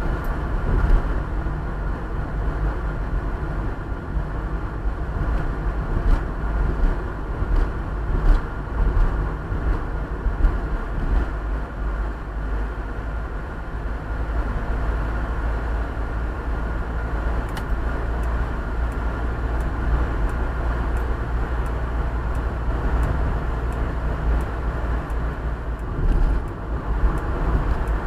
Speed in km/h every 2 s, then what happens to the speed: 46, 46, 48, 49, 49, 49, 51, 52, 54, 55, 56, 56, 57, 56.
0-28 speeds up to 56.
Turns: none.